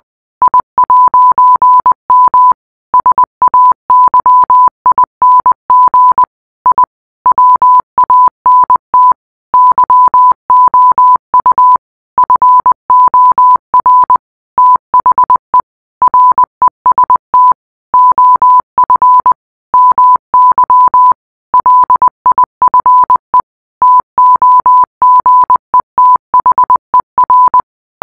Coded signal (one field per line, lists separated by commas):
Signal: Morse code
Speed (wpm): 20 wpm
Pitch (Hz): 1000 Hz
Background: none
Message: I'M SAYING I WANT YOU FOR THE REST OF MY LIFE TOGETHER